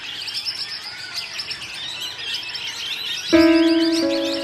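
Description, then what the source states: Parrots giving a dense chorus of high chirps and twitters, overlapping continuously; steady tonal musical notes come in for the last second. Critically endangered parrot, a flock gathered feeding in trees on a morning at Adventure Bay, Bruny Island, Tasmania, Australia, November 2019.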